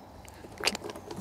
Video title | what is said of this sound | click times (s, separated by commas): Discover the Perfect Electric Scooter: Hitway H5 Pro Review | it clicks into place now that's not going anywhere unlike some of the other scooters that I've got | 0.7 s